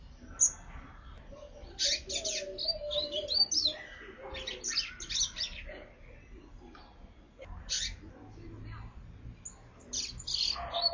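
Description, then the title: Double-collared seedeater song: bursts of fast, buzzy high notes in short phrases separated by pauses. "Canto Coleiro"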